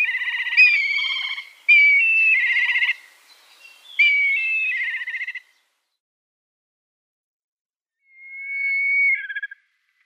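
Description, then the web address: Black kite delivering long, quavering whistled calls in close succession, then a pause before one thinner, level whistle ending in a short drop. "Schulze Peter Black Kite"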